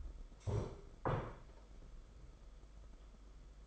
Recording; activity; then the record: daily activity, microphone in the room; stand up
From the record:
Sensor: 5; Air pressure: 991.8 hPa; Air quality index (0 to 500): 140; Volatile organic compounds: 117 ppm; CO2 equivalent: 3860 ppm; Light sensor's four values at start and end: 32/108/40/43 and 32/107/40/42